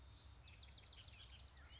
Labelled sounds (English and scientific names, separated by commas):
Bullock's Oriole (Icterus bullockii)